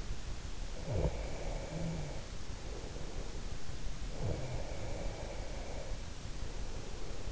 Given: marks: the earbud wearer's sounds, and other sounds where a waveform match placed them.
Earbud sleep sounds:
sounds in sleep by an in-ear microphone; breath
0.76-3.44 s: breath
4.15-7.32 s: breath

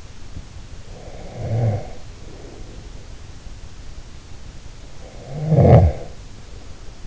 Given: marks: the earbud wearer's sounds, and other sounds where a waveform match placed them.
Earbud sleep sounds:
sounds in sleep by an in-ear microphone; snoring breath
0.72-3.17 s: snoring breath
4.91-7.07 s: snoring breath

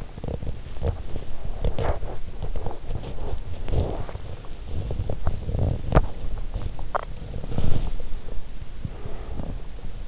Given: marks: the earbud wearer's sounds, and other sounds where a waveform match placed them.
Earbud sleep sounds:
sounds in sleep by an in-ear microphone; body movement
0.08-10.08 s: body movement

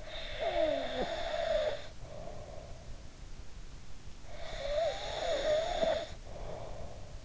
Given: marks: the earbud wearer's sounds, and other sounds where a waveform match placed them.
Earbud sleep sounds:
sounds in sleep by an in-ear microphone; snoring breath
0.05-2.90 s: snoring breath
4.19-7.25 s: snoring breath

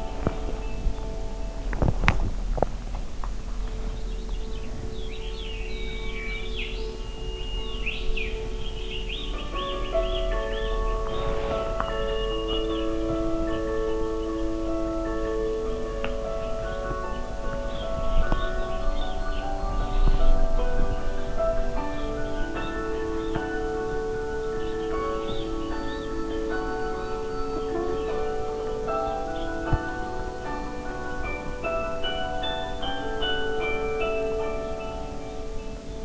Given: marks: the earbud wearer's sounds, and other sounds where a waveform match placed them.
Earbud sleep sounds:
sounds in sleep by an in-ear microphone; teeth grinding
0.00-36.04 s: teeth grinding

